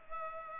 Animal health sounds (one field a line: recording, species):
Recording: mosquito wingbeat signal from an infrared sensor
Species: Culex pipiens